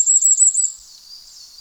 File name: tuzesfeju kiralyka Regulus ignicapilla